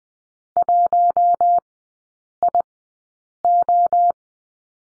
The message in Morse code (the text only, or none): 1IO